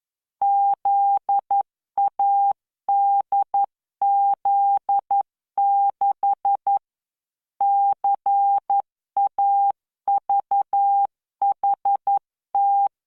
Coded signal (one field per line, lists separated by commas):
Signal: Morse code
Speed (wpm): 11 wpm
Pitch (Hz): 800 Hz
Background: none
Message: ZADZ6 CAVHT